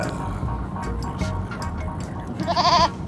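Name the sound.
goat bleating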